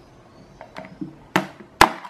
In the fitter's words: clique, clique. Um já foi.